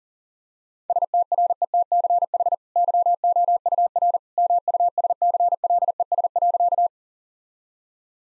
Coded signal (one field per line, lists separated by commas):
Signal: Morse code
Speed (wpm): 40 wpm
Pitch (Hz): 700 Hz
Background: none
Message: STRETCH YOUR MUSCLES.